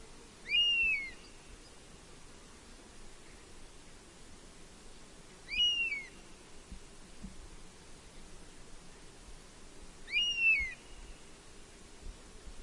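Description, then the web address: Honey buzzard giving clear, high, whistled calls that rise then fall, repeated about every five seconds, with a faint hiss behind. "honey buzzard bird call"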